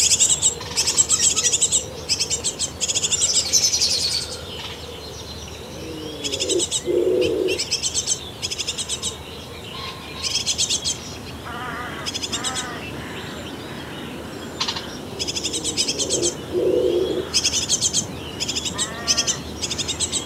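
Busy morning birds chatter around a nest box, with high, rapid chicks' cries coming in repeated bursts every second or two throughout. Lower cooing calls appear twice, near seven and seventeen seconds, and a few mid-pitched chirps sound between the bursts.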